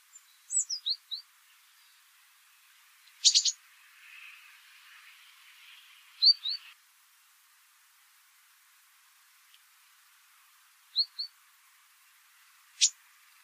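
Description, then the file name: Great tit calls: brief high descending chirps in small clusters, a sharp scratchy burst near three seconds, then sparse paired notes separated by long quiet gaps. Recorded at Wyhlen. "Kohlmeise Wyhlen Kratzer"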